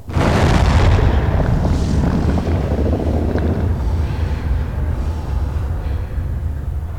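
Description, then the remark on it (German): A deep, continuous rumbling roar of a departing Soyuz spacecraft, loud and sustained for several seconds with heavy low-end power and a crackling, noisy texture, slowly easing off without fading out. “Was war das? Wieder eine Sojus.”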